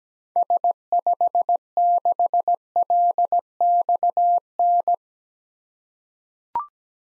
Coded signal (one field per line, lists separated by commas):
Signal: Morse code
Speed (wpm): 17 wpm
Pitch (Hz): 700 Hz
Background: none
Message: S56LXN